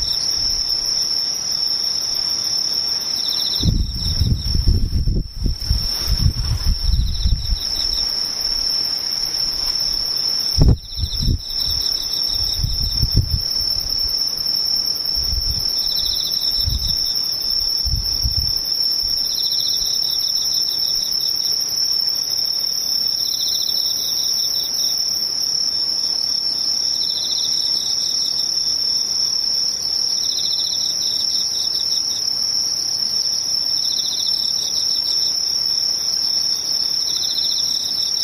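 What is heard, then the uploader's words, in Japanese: Insects chirr steadily throughout, a bright, continuous high trill with a slightly pulsing upper layer. In the first fifteen seconds, a few soft low thumps and rumbles break in, around five and eleven seconds, then fade, leaving only the even insect drone. ほぼ無音 後半ムシ。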